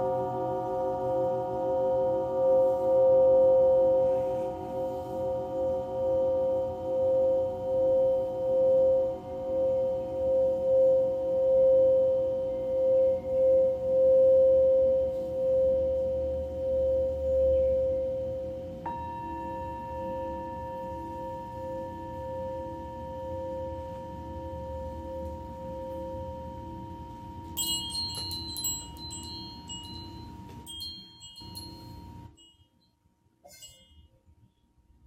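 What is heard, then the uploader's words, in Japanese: A singing bowl hums with a steady, shimmering tone that pulses slowly in volume for the first half, then gradually fades and thins. Near the end, bright high metallic pings and soft clinks appear before the sound drops almost to silence. メキシコから シンギングボウルのサウンドヒーリング。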